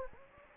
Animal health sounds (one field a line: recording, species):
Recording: mosquito wingbeat signal from an infrared sensor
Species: Anopheles gambiae